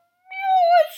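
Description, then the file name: Cat meowing once, a clear drawn-out meow that rises slightly, holds, then dips and softens after about half a second, still sounding at the end. "katze"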